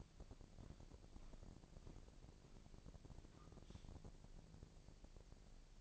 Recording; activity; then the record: daily activity, microphone in the room; walk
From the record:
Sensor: 5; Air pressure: 1012.3 hPa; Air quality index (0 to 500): 166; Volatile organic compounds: 2 ppm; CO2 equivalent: 1134 ppm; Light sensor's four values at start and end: 345/834/355/396 and 343/829/353/394